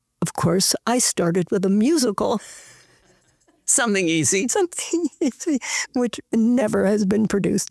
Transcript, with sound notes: Of course I started with a musical.
Something easy.
(laughing) Something easy, which never has been produced.